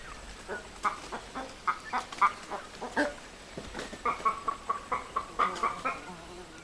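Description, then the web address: Boat-billed heron with repeated clucking, knocking notes in irregular bursts, growing quicker and steadier in the second half. Recorded in Ecuador. "Natures Songs S America Birds of Ecuador. Boat-billed Heron"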